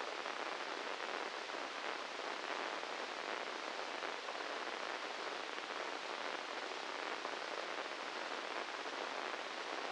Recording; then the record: brain microelectrode recording played as sound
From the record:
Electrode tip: inside the subthalamic nucleus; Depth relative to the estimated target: -4 mm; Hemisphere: left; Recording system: NeuroSet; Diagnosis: Parkinson's disease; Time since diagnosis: 10 years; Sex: male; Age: 56 years